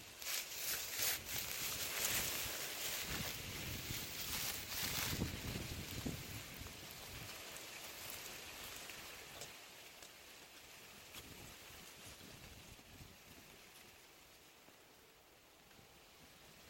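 An outdoor nature scene filled with a rushing, hissing wash like rain or moving water. The first six seconds are louder, with gusty surges and crackly bursts. Then it settles into a softer, steady hiss that thins gradually toward the end.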